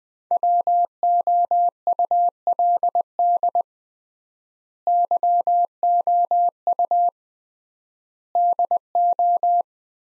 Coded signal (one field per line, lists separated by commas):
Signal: Morse code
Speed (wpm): 20 wpm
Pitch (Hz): 700 Hz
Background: none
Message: WOULD YOU DO